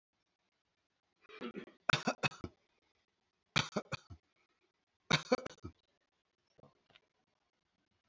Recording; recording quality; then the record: shallow voluntary cough; moderate, slight background noise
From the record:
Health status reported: COVID-19 positive, mild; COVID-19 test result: positive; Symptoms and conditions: hypertension, diabetes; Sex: male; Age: 54 years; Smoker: not ticked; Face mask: not worn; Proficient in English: yes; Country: India